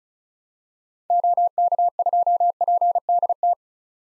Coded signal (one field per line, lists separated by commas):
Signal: Morse code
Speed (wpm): 34 wpm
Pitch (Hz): 700 Hz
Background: none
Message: OK2PDT